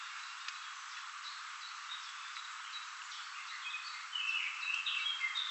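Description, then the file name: Common chaffinch song: a quick burst of bright notes arriving in the final second and a half over a constant background hiss. "Fringilla coelebs"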